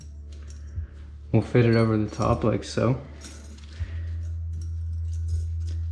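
A metal snap ring is fitted over the top of a Honda Shadow motorcycle fork tube during a front spring upgrade and lined up before being pushed home into the groove. Someone talks over a steady low hum while only light metallic clinks are heard. Nothing has seated or clicked into the groove yet.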